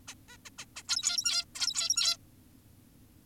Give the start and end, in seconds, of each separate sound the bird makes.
0.08-0.14, 0.29-0.37, 0.46-0.50, 0.58-0.65, 0.76-0.83, 0.88-1.45, 1.55-2.17